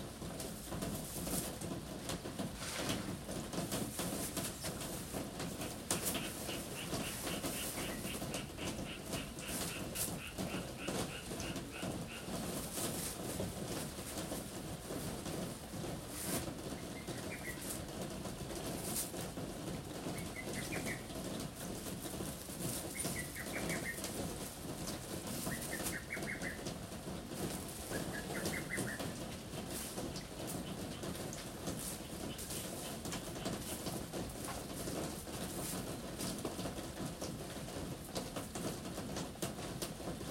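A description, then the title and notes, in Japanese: Rain drums steadily on a roof in a dense, even patter with a low rumble, while a bird calls several times midway. 今日は梅雨の雨の日。屋根に降る雨の音。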